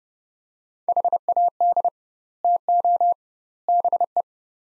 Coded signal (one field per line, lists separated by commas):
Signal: Morse code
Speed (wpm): 30 wpm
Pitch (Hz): 700 Hz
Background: none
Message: HAD TO BE